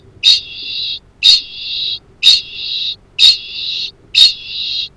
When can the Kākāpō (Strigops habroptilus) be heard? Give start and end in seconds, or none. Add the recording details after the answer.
0.00-4.97. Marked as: faintness 1/5. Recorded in New Zealand. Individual Arab